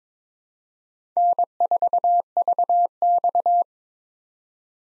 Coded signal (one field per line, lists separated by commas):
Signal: Morse code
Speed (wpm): 22 wpm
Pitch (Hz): 700 Hz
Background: none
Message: N4VX